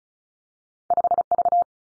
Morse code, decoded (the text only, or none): 5 V